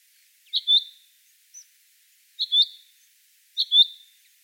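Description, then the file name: Common chaffinch giving clipped, high, two-part call notes one to two seconds apart, with one faint thin extra note between them, against silence. "Fringilla coelebs"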